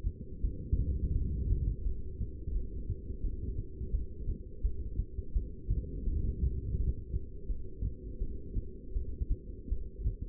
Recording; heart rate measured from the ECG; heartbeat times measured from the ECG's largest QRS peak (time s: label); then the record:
heart sounds by stethoscope; 84 bpm
0.43 s: heartbeat
1.14 s: heartbeat
1.84 s: heartbeat
2.54 s: heartbeat
3.23 s: heartbeat
3.92 s: heartbeat
4.63 s: heartbeat
5.34 s: heartbeat
6.06 s: heartbeat
6.78 s: heartbeat
7.49 s: heartbeat
8.20 s: heartbeat
8.94 s: heartbeat
9.70 s: heartbeat
From the record:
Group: heart failure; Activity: rest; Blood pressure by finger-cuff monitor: 176/111 mmHg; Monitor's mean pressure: 135 mmHg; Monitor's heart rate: 83 bpm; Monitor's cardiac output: 8.5 L/min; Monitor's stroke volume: 101 mL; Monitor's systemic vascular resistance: 1190 dyn s/cm5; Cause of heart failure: non-ischemic cardiomyopathy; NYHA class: 1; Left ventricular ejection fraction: 62%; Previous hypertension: present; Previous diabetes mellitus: present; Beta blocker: bisoprolol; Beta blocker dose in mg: 10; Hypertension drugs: sacubitril-valsartan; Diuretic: furosemide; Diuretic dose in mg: 20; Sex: male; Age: 49 years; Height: 167 cm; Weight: 110 kg